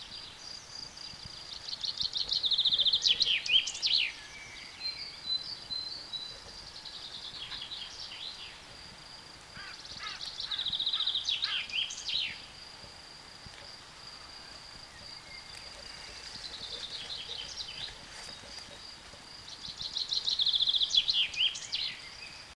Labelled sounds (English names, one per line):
Common Chaffinch song